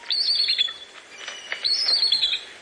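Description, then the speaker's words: Bald eagle squeaky call: thin high chittering notes in two rapid squealing bursts separated by a short gap. Squeaky door-like call given from high in the top branches of a tall tree. "Look high into the top branches of a tall tree, and you may see the source of this call, a bald eagle. Yes, that squeaky door sound comes from the official bird of the United States of America."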